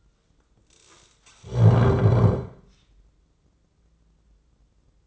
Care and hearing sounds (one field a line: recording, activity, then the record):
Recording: daily activity, microphone in the room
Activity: stand up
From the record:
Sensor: 3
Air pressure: 995.9 hPa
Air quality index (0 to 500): 248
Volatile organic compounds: 1000 ppm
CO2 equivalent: 6338 ppm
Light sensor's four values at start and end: 38/91/40/43 and 38/90/40/43